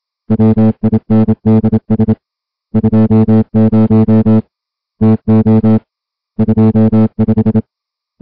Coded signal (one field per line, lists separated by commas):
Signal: Morse code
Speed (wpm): 27 wpm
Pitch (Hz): 220 Hz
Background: music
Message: WINDS 20 TO 25